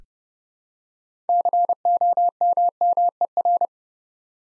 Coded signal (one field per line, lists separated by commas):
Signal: Morse code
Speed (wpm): 29 wpm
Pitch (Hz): 700 Hz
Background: none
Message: COMMER